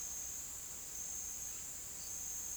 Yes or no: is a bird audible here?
no